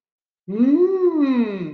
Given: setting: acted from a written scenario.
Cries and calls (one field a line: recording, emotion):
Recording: vocal sound without words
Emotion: awe